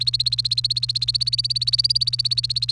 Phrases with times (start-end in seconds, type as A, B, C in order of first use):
0.00-2.71 A